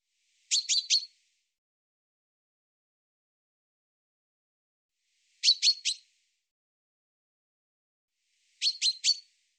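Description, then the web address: Common chaffinch repeating a short burst of three rapid, sharp high notes three times, spaced irregularly several seconds apart, with silence between. "Deverinetal 2025 File cleaned normalized Bird Fr Co"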